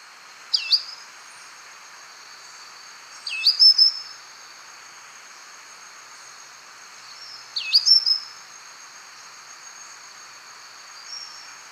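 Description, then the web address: Orange-bellied euphonia giving sharp, down-slurred notes followed by a brief thin whistle, repeated a few times over a steady high background hum. Recorded in Ecuador. "Birds of Ecuador. Orange-bellied Euphonia"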